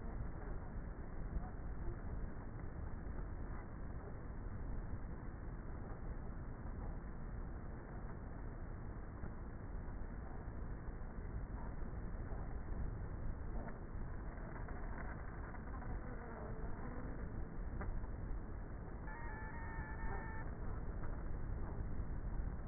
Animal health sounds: honeybee colony, microphone inside the hive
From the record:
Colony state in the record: queenless with a low population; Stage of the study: before two queens were removed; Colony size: about 30,000 bees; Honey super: no

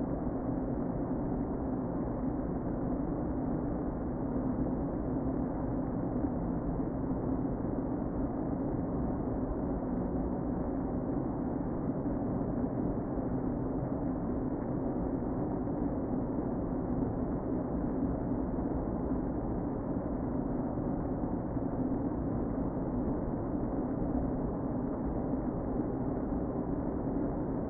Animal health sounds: honeybee colony, microphone inside the hive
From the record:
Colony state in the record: queen present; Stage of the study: before two queens were removed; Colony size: about 60,000 bees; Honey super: yes

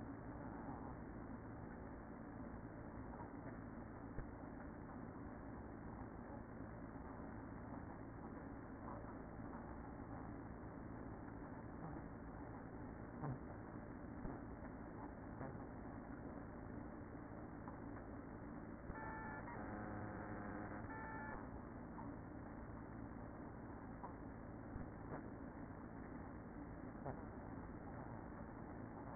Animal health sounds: honeybee colony, microphone inside the hive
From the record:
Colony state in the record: queen present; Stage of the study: after two queens were removed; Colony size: about 60,000 bees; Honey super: yes

